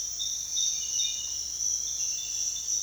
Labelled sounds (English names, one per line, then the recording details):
none
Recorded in secondary vegetation near Puerto Asís, Putumayo, Colombia, on 22 June 2025 at 06:00
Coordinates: 0.485, -76.322
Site GP06